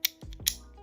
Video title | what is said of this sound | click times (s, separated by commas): HOW TO CHANGE OUTER BARREL- Airsoft Glock 19 and 17 | connect it back up with this so that wiggle it around a little bit there you go until you hear that click | 0.1 s, 0.5 s